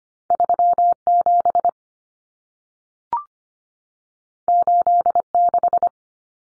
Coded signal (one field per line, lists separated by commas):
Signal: Morse code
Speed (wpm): 25 wpm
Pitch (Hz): 700 Hz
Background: none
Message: 37 86